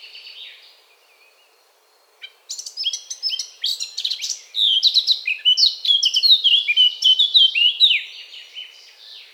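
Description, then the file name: Eurasian blackcap singing: a faint thin note, a short pause, then a fast, rich warble of chirps and fluting phrases that grows louder toward the end. "Sylvia atricapilla"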